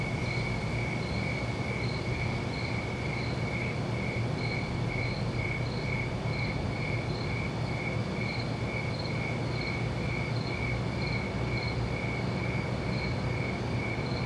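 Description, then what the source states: Steady cricket chirping, regular pulses about two per second, with an unbroken wash of noise and low hum underneath. Crickets recorded at night.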